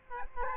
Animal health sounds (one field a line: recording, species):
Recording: mosquito wingbeat signal from an infrared sensor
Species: Culex quinquefasciatus